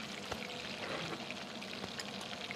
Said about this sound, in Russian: режет грибы и что-то кладет на сковородку.